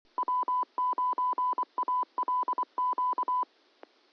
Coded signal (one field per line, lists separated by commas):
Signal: Morse code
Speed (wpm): 24 wpm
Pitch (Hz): 1000 Hz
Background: none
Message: W9ALQ